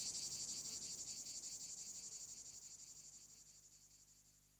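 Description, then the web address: Cicada song: a high, shrill buzz pulsing several times a second, steadily fading in volume throughout. "Animacreation 06 Cigale"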